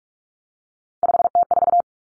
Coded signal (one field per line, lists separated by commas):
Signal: Morse code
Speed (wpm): 44 wpm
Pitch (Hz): 700 Hz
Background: none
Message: 5T4